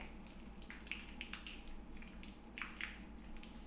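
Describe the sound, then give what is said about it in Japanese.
Soft, wet squishing as hands work a bar of soap into a lather for washing someone's back, a series of short slippery squelches repeating irregularly over a low steady hum, no voices. “石鹸をこうして手で泡立てて。”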